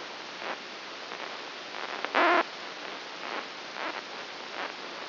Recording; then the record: brain microelectrode recording played as sound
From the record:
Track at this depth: inside the subthalamic nucleus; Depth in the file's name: 2.404 mm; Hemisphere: right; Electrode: 2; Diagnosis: Parkinson's disease